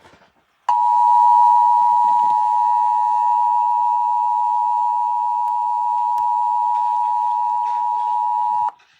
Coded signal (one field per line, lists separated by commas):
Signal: Emergency Alert System (SAME) tones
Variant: 853 and 960 Hz attention tone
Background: speech